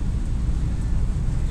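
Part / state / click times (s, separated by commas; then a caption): snap ring on sway bar end / not seated / none. A snap ring is being fitted on the end of a sway bar, with its opening lined up with the opening in the back of the bar and its rear end engaged. Only a steady low rumble is heard, with no sharp sounds. The ring has not snapped into place yet.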